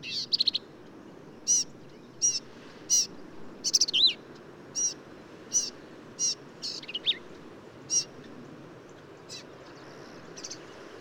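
Black-capped vireo song: a series of short, high, crisp notes repeated at short intervals, broken by a few twisting, scratchy phrases; quiet hiss behind.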